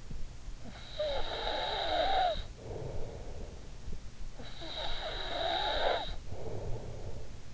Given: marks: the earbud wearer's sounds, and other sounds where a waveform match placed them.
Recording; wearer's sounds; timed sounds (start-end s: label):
sounds in sleep by an in-ear microphone; snoring breath
0.20-3.83 s: snoring breath
4.09-7.54 s: snoring breath